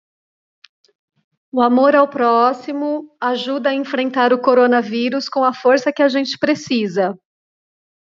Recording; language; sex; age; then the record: spoken sentence; Brazilian Portuguese; female; 30 to 39 years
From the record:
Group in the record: control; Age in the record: 38 years